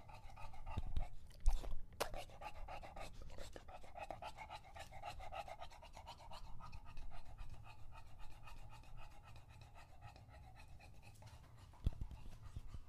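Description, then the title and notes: English Bulldog panting hard and fast, a steady stream of raspy wheezing breaths, with a few clicks and bumps. Male pet English Bulldog named Lucho drinking from a water bowl after a long walk, heavily out of breath between drinks. "English Bulldog Drinks from Water Bowl. listen to Lucho the English Bulldog as he tries to drink water after a long walk. Don't let his heavy breathing fool you in between drinks, he's equally out of breath from the walk"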